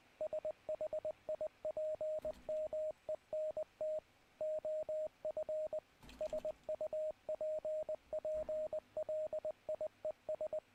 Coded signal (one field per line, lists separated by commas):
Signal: Morse code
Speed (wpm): 19 wpm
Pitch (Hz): 620 Hz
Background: radio noise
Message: SHIPMENT OF SUPPLIES